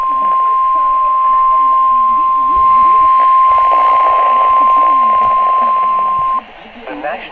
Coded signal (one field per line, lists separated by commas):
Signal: Emergency Alert System (SAME) tones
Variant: 1050 Hz attention tone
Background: speech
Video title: EAS Alerts